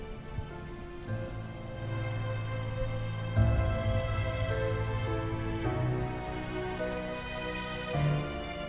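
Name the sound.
heavy rain falling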